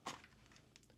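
The two side release tabs on the plastic flight battery of an Aeroo Pro fishing drone are squeezed and the battery is pulled up out of its bay in the drone body. It releases with a short pop at 0.1 s, followed by a fainter brief tick near 0.8 s. The battery is released and out of the drone.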